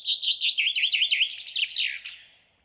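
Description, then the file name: Common chaffinch song: one fast series of sweet repeated notes, closing with a brief emphatic flourish, then silence. "Fringilla coelebs"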